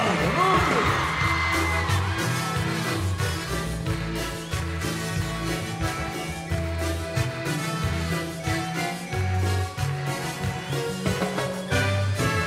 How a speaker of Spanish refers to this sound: Gracias a todos. Y el grito de la chica.